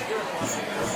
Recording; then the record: coughing mixed with background sound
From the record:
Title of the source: Cough Around the Clock!